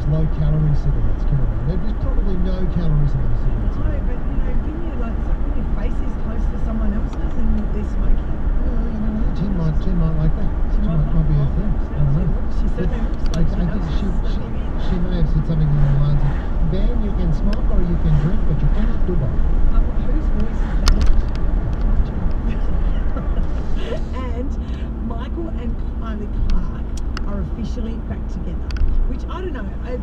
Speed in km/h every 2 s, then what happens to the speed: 77, 77, 77, 77, 77, 77, 78, 78, 78, 78, 77, 76, 75, 76, 76.
0-30 steady at about 77.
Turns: none.